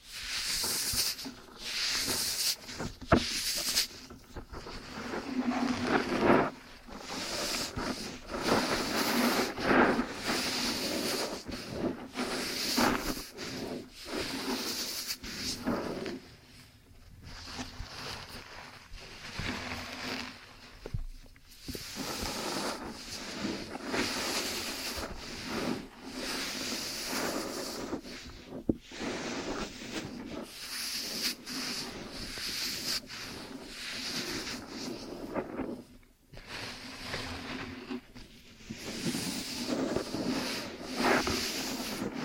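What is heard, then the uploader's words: Intense ear-cleaning and kinetic sand sounds: dense crackling, scratching and crunching with a bright, hissy edge. Short bursts come rapidly and irregularly throughout, with brief quieter pauses around 16, 21 and 36 seconds before the textured rubbing resumes. ASMR Intense Ear Stimulation Ear Cleaning, Kinetic Sand, Piercing Sounds. (No Talking).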